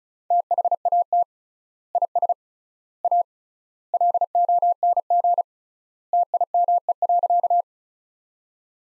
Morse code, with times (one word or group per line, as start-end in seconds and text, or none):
0.3-1.2 THAT
1.9-2.3 IS
3.0-3.2 A
3.9-5.4 LONG
6.1-7.6 TIME.